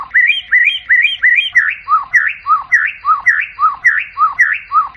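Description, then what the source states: White-rumped shama song: clear whistled upslurred phrases repeated steadily, shifting partway through to a looping, rising-falling motif, with no other sounds. Masteran training recording of a champion white-rumped shama (murai batu) song, used to tutor other songbirds.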